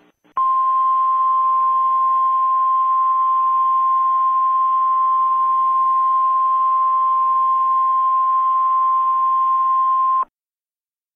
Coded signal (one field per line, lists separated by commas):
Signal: Emergency Alert System (SAME) tones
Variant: 1050 Hz attention tone